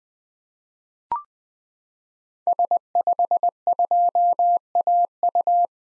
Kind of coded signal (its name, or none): Morse code